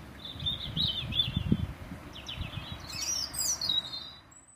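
Birds chirping: a run of quick repeated chirps, then a burst of higher, squeakier twitters near the end, with low rumbling noise underneath throughout.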